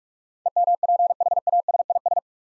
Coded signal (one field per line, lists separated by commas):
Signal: Morse code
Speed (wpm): 46 wpm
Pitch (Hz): 700 Hz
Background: none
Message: EMPHASIS